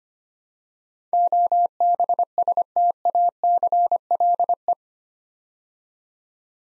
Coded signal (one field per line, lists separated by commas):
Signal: Morse code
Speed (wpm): 25 wpm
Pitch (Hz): 700 Hz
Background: none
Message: OBSTACLE